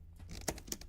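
A memory module is pushed down evenly, with a little extra force, into a motherboard DIMM slot over a steady low hum. Sharp clicks at 0.5 s and 0.7 s are the retention clips catching on both sides, with a few fainter ticks around them. The RAM stick is seated.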